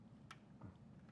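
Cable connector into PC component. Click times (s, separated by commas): 0.3 s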